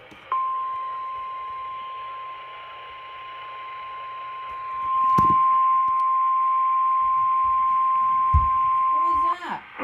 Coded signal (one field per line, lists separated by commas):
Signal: Emergency Alert System (SAME) tones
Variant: 1050 Hz attention tone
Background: speech